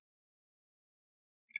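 A plastic bottom cover is placed on top of a Wyze Cam V1 camera body and smacked down by hand. After near silence, two sharp snaps are heard at 1.5 s and 1.6 s. The cover snaps into place, seated on the camera housing.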